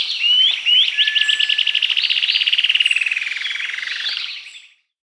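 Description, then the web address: Bluish-slate antshrike calling: a long, fast series of nasal notes sliding steadily downward and speeding into a rattle over about four and a half seconds, then stopping. Recorded in Peru and Bolivia, Amazon region. "Natures Songs S America Birds of the Amazon 2. Bluish-slate Antshrike (Thamnomanes schistogynus), Peru, Bolivia"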